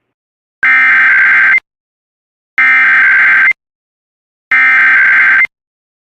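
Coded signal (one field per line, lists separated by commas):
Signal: Emergency Alert System (SAME) tones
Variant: header bursts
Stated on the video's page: Iowa Required Monthly Test EAS tones, relayed via WJON/IP relay and WHO-AM, recorded at night.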